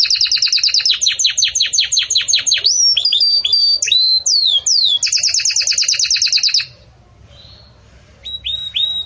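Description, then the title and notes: Belgian canary song of fast repeated descending notes, a few swooping whistles and another quick trill, then a pause before chirps resume. Belgian canary, campainha (bell-like) song style, used for tutoring young chicks in song. "Belíssimo Canto Do Canário Belga Campainha Para Encarte De Filhotes. CANARIO"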